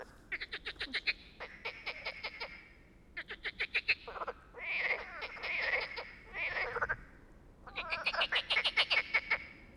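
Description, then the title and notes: Frog chorus of rattling, pulsed croaks in repeated bursts, some crisp and clicking, others merging into a dense buzzing trill. A bunch of frogs singing all night at a small pond beside the Loire near Bréhémont, France; ignored recordist's attempts to make them answer; sing when distant freight trains pass; Oktava MK012 ORTF, MixPre, Zoom H4n. "37130 Bréhémont, France - Trying to communicate with Frogs. un étang peuplé de grenouilles qui se sont mise à chanter toute la nuit. Elles se mettent cependant à chanter lorsqu'un train de marchandises passe au loin. A little pond next to the river Loire where we tried to sleep untill a bunch of frogs begin to sing"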